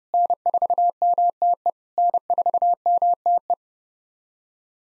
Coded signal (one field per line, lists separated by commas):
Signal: Morse code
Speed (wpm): 30 wpm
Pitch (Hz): 700 Hz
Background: none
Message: N4MTE N4MTE